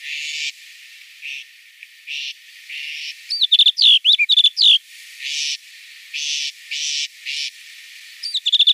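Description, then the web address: Snow bunting song, one fast warbled phrase of ringing whistles heard midway, with another beginning at the end, among repeated bursts of rough noise. "Schulze Peter Snow Bunting song"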